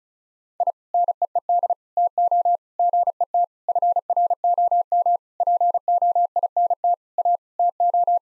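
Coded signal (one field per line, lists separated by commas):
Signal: Morse code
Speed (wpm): 36 wpm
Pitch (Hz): 700 Hz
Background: none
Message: I NEED TO GET FROM POINT A TO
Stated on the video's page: Morse practice at 35 wpm: sentences with common seven-word phrases, sent twice for head-copy training.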